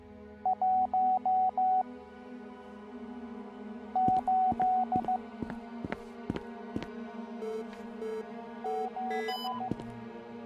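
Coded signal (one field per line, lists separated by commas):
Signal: Morse code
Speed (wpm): 15 wpm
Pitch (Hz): 750 Hz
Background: music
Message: 1 8 7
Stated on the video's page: Morse code in a puzzle-solving escape game.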